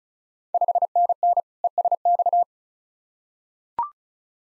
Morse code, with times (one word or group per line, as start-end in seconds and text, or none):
0.5-1.4 5NN
1.6-2.4 ESX